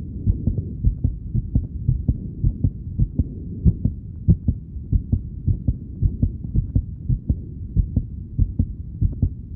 Heart beat fluctuating.